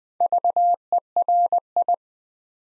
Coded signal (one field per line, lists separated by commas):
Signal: Morse code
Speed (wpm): 20 wpm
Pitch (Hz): 700 Hz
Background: none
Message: VERI